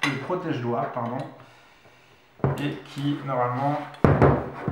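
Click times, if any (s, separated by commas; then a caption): none. Someone talks while handling the small plastic finger guard that clips onto the front of a Bosch GST 90 E jigsaw, with a quiet pause followed by a sudden handling knock at about 2.4 s. The guard has not seated or clicked into place yet.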